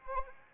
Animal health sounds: mosquito wingbeat signal from an infrared sensor; Anopheles arabiensis

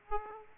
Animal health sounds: mosquito wingbeat signal from an infrared sensor; Aedes aegypti

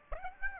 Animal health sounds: mosquito wingbeat signal from an infrared sensor; Aedes aegypti

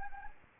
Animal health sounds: mosquito wingbeat signal from an infrared sensor; Anopheles arabiensis

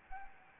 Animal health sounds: mosquito wingbeat signal from an infrared sensor; Anopheles gambiae

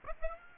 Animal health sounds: mosquito wingbeat signal from an infrared sensor; Aedes aegypti

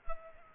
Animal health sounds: mosquito wingbeat signal from an infrared sensor; Culex pipiens

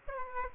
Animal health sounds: mosquito wingbeat signal from an infrared sensor; Aedes aegypti

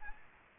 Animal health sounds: mosquito wingbeat signal from an infrared sensor; Aedes aegypti

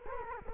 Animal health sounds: mosquito wingbeat signal from an infrared sensor; Culex quinquefasciatus

